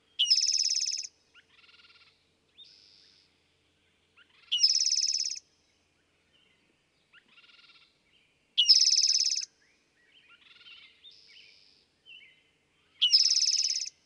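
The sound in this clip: Eastern towhee delivering four songs about four seconds apart, each a brief note and a loud, fast, buzzy trill, with scattered soft chips and whistles between.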